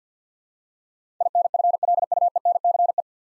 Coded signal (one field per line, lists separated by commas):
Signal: Morse code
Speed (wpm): 50 wpm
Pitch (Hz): 700 Hz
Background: none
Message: INFLUENCE